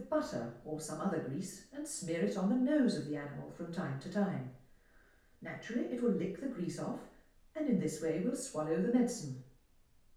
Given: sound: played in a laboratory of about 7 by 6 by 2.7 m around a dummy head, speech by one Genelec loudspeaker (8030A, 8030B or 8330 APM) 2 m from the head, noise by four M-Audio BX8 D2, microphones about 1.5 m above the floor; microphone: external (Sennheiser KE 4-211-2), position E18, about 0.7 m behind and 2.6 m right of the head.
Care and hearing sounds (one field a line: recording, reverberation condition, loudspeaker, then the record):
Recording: female speech in English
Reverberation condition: medium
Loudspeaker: in front (0 degrees)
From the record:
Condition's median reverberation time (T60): about 510 ms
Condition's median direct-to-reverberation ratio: about -0.5 dB